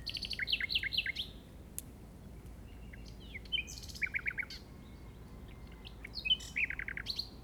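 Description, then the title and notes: Common nightingale singing short phrases: fast series of descending notes, a thin whistled note, then bursts of rapid chattering strokes separated by brief pauses. Recorded in the Llobregat Delta at 06:00 on 8 May 2015 with a Zoom recorder. "Grabación de ruiseñor común (Luscinia megarhynchos) en el Delta del Llobregat a las 06:00 del 08/05/2015."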